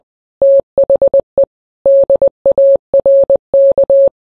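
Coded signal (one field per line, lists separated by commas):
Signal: Morse code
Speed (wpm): 20 wpm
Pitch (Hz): 550 Hz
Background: none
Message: THE DARK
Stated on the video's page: Morse code of song lyrics, used in place of music and singing.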